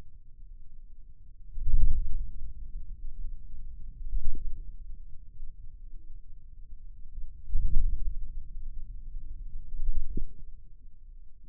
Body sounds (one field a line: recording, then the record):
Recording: forearm muscle sounds (acoustic myography)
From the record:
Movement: wrist flexion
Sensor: system 2, bracelet of six BSWA MPA416 microphones around the upper forearm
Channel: 6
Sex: male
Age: 22 years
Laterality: right